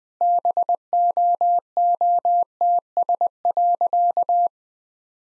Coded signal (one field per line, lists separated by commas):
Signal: Morse code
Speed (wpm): 20 wpm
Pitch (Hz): 700 Hz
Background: none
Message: BOOTS.